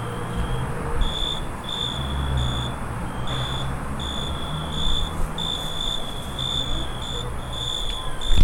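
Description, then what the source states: Cricket chirping in a high continuous trill with regular brief gaps, against a heavy low hum of background noise and a louder knock at the end. Crickets in the neighbours' yard, Staré Mesto, Slovakia.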